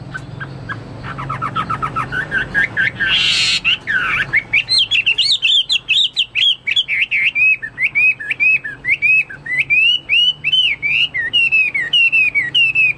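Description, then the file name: Chinese hwamei song: harsh chattering notes at first, then a long, rapid run of looping, rising-and-falling whistled phrases, with a low hum behind. "omkicau hwamei"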